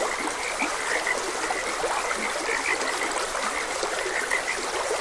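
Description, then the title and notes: Frogs croaking, a busy chorus of quick repeated chirping notes set against the even wash of running water. Frogs croaking beside a gentle stream. "Frogs Croaking. Sleep and Relaxation Podcast"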